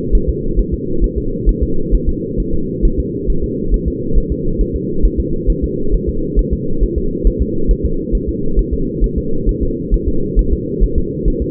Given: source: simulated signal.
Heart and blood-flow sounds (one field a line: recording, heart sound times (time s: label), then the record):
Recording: fetal heart sounds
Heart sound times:
0.15 s: S1
0.29 s: S2
0.59 s: S1
0.74 s: S2
1.04 s: S1
1.18 s: S2
1.49 s: S1
1.63 s: S2
1.95 s: S1
2.09 s: S2
2.40 s: S1
2.54 s: S2
2.85 s: S1
3.00 s: S2
3.30 s: S1
3.44 s: S2
3.74 s: S1
3.88 s: S2
4.18 s: S1
4.32 s: S2
4.61 s: S1
4.76 s: S2
5.05 s: S1
5.20 s: S2
5.50 s: S1
5.64 s: S2
5.94 s: S1
6.09 s: S2
6.39 s: S1
6.53 s: S2
6.83 s: S1
6.98 s: S2
7.27 s: S1
7.42 s: S2
7.71 s: S1
7.85 s: S2
8.15 s: S1
8.29 s: S2
8.59 s: S1
8.73 s: S2
9.04 s: S1
9.18 s: S2
9.49 s: S1
9.63 s: S2
9.94 s: S1
10.08 s: S2
10.39 s: S1
10.53 s: S2
10.84 s: S1
10.98 s: S2
11.28 s: S1
11.42 s: S2
From the record:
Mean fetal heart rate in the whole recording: 135 bpm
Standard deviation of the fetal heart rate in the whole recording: 3 bpm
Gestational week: 36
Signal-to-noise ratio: -8.1 dB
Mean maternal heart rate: 72 bpm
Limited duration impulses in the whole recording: absent